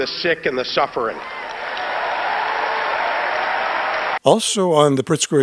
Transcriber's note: cheering audience